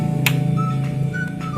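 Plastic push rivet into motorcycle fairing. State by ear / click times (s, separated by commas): seated / 0.3 s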